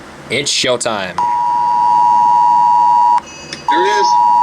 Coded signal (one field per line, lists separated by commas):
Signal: Emergency Alert System (SAME) tones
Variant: 853 and 960 Hz attention tone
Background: speech